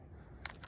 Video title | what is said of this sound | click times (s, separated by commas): Best $100 Spinning Reel: Abu Garcia Revo X Spinning Reel Review And Field Test | so it does have very nice audible click | 0.5 s